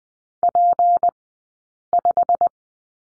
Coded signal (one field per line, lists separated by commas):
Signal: Morse code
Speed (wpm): 20 wpm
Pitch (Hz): 700 Hz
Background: none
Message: P5